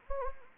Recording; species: mosquito wingbeat signal from an infrared sensor; Anopheles gambiae